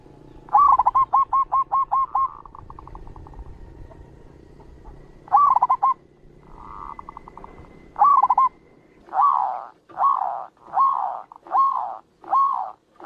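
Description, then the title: Zebra dove cooing: bursts of rapid clipped notes, then a series of longer rounded coos, over a faint background hum. Bird-keeping training (masteran) recording. "Suara Perkutut Masteran"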